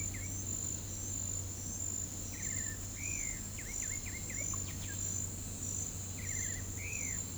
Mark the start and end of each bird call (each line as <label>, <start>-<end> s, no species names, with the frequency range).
bird call (1.1-3.0 kHz), 2.25-4.99 s
bird call (1.4-3.1 kHz), 6.13-7.25 s